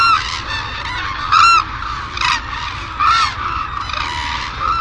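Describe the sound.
Group of white-naped cranes trumpeting, loud bugling bursts every second or two over continuous calling from the flock.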